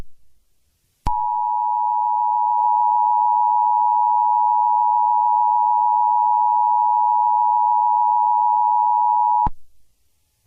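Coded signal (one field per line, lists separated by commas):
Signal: Emergency Alert System (SAME) tones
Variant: 853 and 960 Hz attention tone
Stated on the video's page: Fictional EAS scenario based on Madness Combat.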